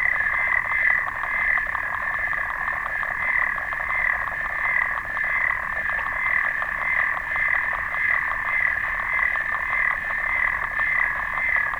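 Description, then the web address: Clawed frog call, rapid ticking clicks running together into an unbroken rattling drone that pulses slightly in loudness throughout. "sounds xenopus"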